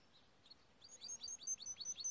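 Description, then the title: Timbrado canary song: a fast series of repeated high chirped notes, growing louder after a quiet start. Timbrado canary, song used as a training recording for canaries. "Canary Bird Singing - Timbrado training video"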